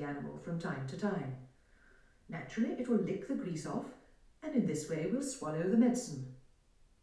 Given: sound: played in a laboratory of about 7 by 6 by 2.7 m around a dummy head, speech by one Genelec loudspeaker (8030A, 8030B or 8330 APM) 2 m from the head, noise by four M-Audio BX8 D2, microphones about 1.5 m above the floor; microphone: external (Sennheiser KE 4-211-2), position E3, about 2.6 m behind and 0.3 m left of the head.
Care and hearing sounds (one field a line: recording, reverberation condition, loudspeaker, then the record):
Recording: female speech in English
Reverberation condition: medium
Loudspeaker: 30 degrees to the left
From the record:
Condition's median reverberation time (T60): about 510 ms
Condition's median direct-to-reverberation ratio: about -0.5 dB